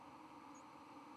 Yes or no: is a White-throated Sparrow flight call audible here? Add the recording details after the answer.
no. Another species' flight call is heard. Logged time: 04:02 on 31 October 2014